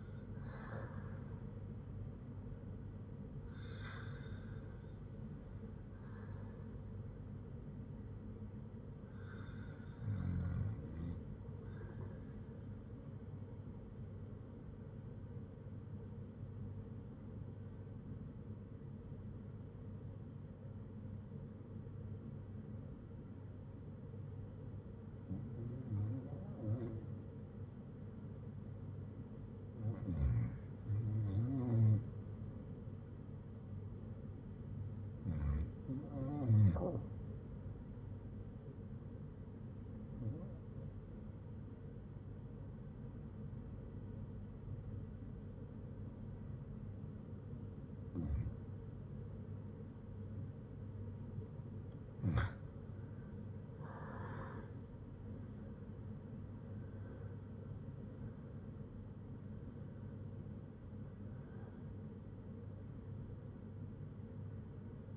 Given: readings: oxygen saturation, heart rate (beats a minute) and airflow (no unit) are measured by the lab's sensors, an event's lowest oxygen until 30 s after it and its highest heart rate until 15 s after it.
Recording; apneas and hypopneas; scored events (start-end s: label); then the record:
breathing in sleep by a smartphone at the bedside; 1
23.00-55.20 s: hypopnea (REM, oxygen 97% highest, then 90% lowest, heart rate 59 at the start, 78 highest)
From the record:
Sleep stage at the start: REM sleep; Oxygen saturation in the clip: 92 to 97%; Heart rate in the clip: 57 to 78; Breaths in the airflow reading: 13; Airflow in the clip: -5.1 to 5.5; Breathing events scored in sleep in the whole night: 182 in 7.4 hours asleep